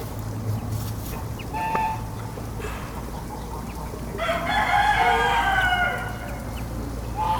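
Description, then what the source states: Rooster gives a long, loud, wavering crow midway, with brief short calls before and after and a low hum. Rooster beside a stream at Cascina Pasque', Besnate, Italy, recorded 11 December 2018.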